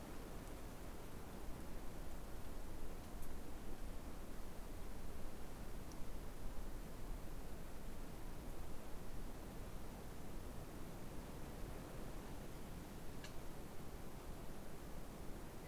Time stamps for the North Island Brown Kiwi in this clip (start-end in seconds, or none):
none